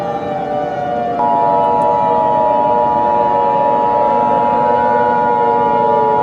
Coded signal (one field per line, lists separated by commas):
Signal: Emergency Alert System (SAME) tones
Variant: 853 and 960 Hz attention tone